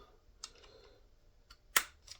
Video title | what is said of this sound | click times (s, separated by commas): YAMAHA GRIZZLY 660 WATER PUMP REBUILD | There, you heard that snap in place. | 1.8 s